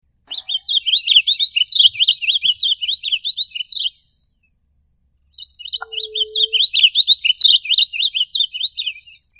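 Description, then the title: Bird song in two long bursts of rapid, twittering chirps, each about four seconds, separated by a pause; a short low tone sounds early in the second burst. "LuckyPassaros CompletosSama"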